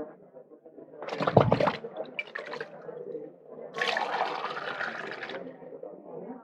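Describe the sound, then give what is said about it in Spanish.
Liquid is scooped up from a large filled jar with a brief, splashy gurgle, then poured into a cup in a longer, steady rushing stream, with a quiet pause between the two moments. “Sacad ahora el líquido en algún vaso y llevadlo al maestresala.”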